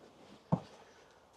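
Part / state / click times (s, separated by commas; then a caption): middle seat cushion locking into the rear bench seat frame / seated / 0.5 s. The heavy middle seat cushion of a VW campervan's rock-and-roll bed is pushed back over into the seat position while the seat belt buckles are held. A single sharp hit comes at 0.5 s. The cushion locks into place in the rear bench seat frame.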